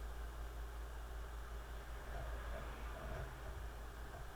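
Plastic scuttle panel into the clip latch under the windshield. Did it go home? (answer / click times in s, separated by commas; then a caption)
no / none. The plastic scuttle panel on a Seat Leon 5F Cupra ST 280, fitted during a TA Technix front upper strut bar installation, is positioned and evened out under the windshield before being pressed into its clip latch. Only a steady broadband hiss and low rumble are heard, with no sudden sounds. Nothing has clicked or seated yet.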